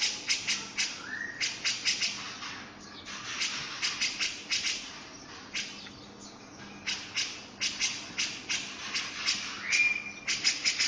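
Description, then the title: Grey-cheeked bulbul giving harsh, scratchy chattering calls in quick repeated bursts, loosely grouped with short gaps, over a steady background hiss. "Cucak Jenggot"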